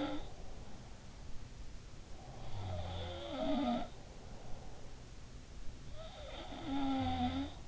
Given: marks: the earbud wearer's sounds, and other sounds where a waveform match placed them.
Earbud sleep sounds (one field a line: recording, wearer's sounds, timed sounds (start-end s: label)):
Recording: sounds in sleep by an in-ear microphone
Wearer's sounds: snoring breath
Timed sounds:
0.00-1.16 s: sound from someone else or the room
1.91-3.40 s: snoring breath
2.17-5.00 s: sound from someone else or the room
5.84-7.68 s: sound from someone else or the room